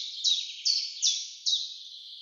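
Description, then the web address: Common chiffchaff notes, four high falling chips spaced under half a second apart over faint background hiss. "Schulze Peter Common Chiffchaff song"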